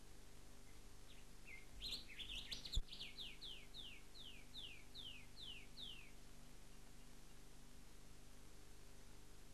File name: Rufous Whistler rushck